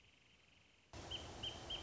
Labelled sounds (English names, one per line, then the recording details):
Wrentit
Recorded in Sonoma County, California